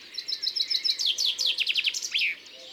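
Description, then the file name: Common chaffinch song: a quick series of repeated high notes, then lower descending notes, ending in a short flourish, lasting about two seconds. "Pinson des arbres ABC des chants doiseaux"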